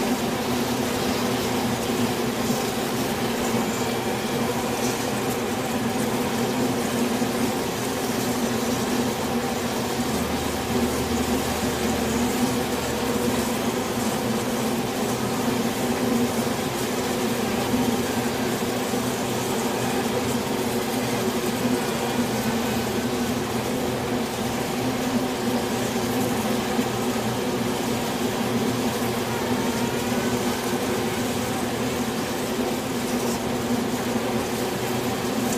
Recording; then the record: honeybee colony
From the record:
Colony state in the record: swarm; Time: day